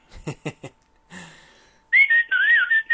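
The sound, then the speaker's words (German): A robotic, user-made R2-D2 sound used as an SMS notification tone on an Android phone: a few quick clicks and a short rushing burst, then a loud burst of warbling, sliding electronic whistles and chirps that swoop up and down in pitch. “Und da lasse ich mir manchmal meine SMS vorzwitschern.”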